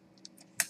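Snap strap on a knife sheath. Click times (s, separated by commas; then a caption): 0.6 s. A snap strap on a knife sheath is popped open, giving a loud, sharp snap at 0.6 s after a few faint ticks. The retention snap comes unsnapped, and the knife still stays in place in the sheath.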